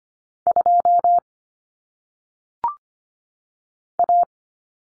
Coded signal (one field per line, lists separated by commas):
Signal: Morse code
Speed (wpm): 25 wpm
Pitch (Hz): 700 Hz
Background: none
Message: 2 A